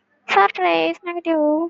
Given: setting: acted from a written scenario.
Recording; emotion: vocal sound without words; negative surprise